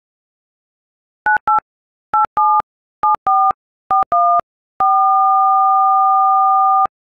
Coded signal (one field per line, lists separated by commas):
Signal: DTMF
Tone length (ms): 250 ms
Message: 98 87 74414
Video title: Mine by Bazzi on iPhone keypad